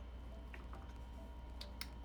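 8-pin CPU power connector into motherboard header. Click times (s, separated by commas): 1.8 s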